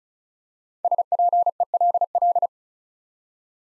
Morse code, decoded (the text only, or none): SPELL